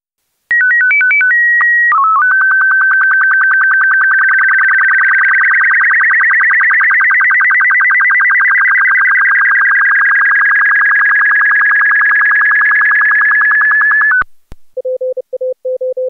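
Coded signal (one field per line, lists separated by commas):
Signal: SSTV (slow-scan television)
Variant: PD120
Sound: quick alternating beeps, a steady whistle, then a buzzy warbling tone with rhythmic ticks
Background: short low beeps at end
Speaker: volg nu het ssv plaatje in BW 122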